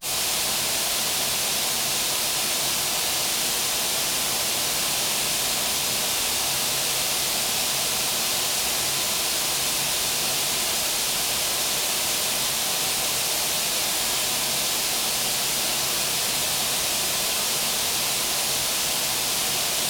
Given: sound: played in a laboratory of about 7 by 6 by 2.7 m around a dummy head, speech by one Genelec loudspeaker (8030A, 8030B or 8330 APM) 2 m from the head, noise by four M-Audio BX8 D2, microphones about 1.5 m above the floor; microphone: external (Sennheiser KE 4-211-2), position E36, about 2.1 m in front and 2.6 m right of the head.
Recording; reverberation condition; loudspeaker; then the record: white noise; high; four, about 170 cm from the corners of the room and facing them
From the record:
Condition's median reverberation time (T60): about 1300 ms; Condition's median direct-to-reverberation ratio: about -4.0 dB